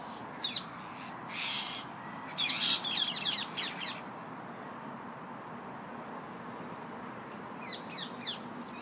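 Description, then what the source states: Parakeets giving harsh squawking calls in a few short bursts during the first four seconds, then a quieter group of calls near the end over steady low background rumble. Flock of parakeets settling down for the night in Victoria Park, evening.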